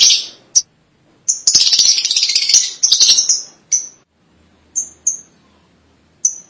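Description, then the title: Lovebird chatter: a dense bout of harsh, high chattering notes in the middle, with isolated sharp high chirps before and after. "Suara Burung Lovebird"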